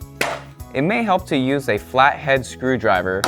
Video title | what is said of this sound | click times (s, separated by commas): How to Install Outside Mount Lifestyle Outdoor Motorized Shades | now just rotate the front of it down until you hear it click into place | 0.2 s